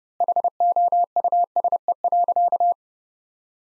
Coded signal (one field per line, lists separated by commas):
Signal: Morse code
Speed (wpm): 29 wpm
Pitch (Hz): 700 Hz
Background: none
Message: HOUSE.